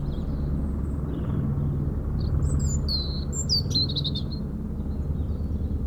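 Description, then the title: European robin singing a short high phrase of thin descending whistles and quick trills, with the deep throbbing drone of a helicopter beneath. Singing in a hedge near Lac du Bourget, Brison-Saint-Innocent, France, during helicopter lifting work on the Colombière cliff, engine sound echoing off Mont Corsuet; Zoom H4n Pro placed vertically on ground. "4 Chem. de la Pointe Forestier, Brison-Saint-Innocent, France - Duo rouge-gorge hélicoptère"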